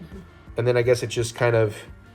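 A piece of a light plastic Skyliner gondola toy is handled during unboxing as it is fitted toward its holder on the toy, while someone talks over faint background music. Nothing has seated or clicked into place yet.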